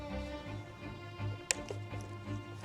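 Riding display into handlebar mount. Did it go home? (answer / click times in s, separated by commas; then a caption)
yes / 1.5 s. A CHIGEE AIO-6 smart riding display is lined up groove to groove on its motorcycle handlebar mount and pressed down until it seats with a sharp click at 1.5 s, followed by a fainter tick at 1.7 s. Music plays steadily in the background throughout.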